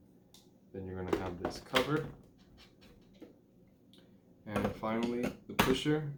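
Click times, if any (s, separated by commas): 0.3 s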